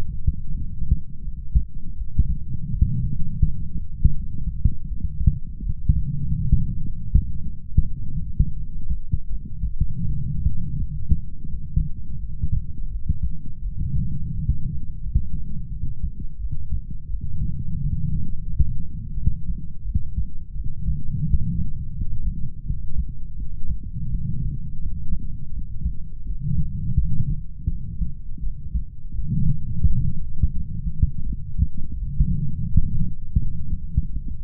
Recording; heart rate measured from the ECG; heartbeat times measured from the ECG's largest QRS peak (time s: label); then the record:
heart sounds by stethoscope; 84 bpm
0.48 s: heartbeat
1.21 s: heartbeat
1.94 s: heartbeat
2.69 s: heartbeat
3.42 s: heartbeat
4.13 s: heartbeat
4.86 s: heartbeat
5.61 s: heartbeat
6.38 s: heartbeat
7.11 s: heartbeat
7.83 s: heartbeat
8.55 s: heartbeat
9.29 s: heartbeat
10.04 s: heartbeat
10.76 s: heartbeat
11.47 s: heartbeat
12.18 s: heartbeat
12.89 s: heartbeat
13.61 s: heartbeat
14.32 s: heartbeat
15.01 s: heartbeat
15.69 s: heartbeat
16.38 s: heartbeat
17.08 s: heartbeat
17.78 s: heartbeat
18.47 s: heartbeat
19.15 s: heartbeat
19.84 s: heartbeat
20.54 s: heartbeat
21.25 s: heartbeat
21.95 s: heartbeat
22.64 s: heartbeat
23.36 s: heartbeat
24.08 s: heartbeat
24.80 s: heartbeat
25.51 s: heartbeat
26.24 s: heartbeat
26.97 s: heartbeat
27.69 s: heartbeat
28.40 s: heartbeat
29.13 s: heartbeat
29.84 s: heartbeat
30.54 s: heartbeat
31.24 s: heartbeat
31.97 s: heartbeat
32.69 s: heartbeat
33.40 s: heartbeat
34.11 s: heartbeat
From the record:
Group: healthy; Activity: light exercise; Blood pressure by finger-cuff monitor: 101/46 mmHg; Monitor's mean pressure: 59 mmHg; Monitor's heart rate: 84 bpm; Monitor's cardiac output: 7.9 L/min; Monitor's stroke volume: 95 mL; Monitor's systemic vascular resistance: 510 dyn s/cm5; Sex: male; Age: 25 years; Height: 170 cm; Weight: 70.4 kg